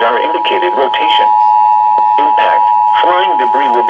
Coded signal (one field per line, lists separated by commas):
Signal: Emergency Alert System (SAME) tones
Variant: 853 and 960 Hz attention tone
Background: speech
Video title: Tornado Warning (EAS #511)